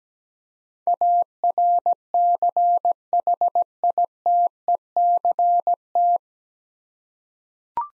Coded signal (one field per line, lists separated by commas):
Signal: Morse code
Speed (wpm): 17 wpm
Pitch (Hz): 700 Hz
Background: none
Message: ARCHITECT